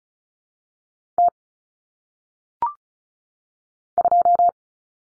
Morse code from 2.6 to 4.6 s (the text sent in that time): 2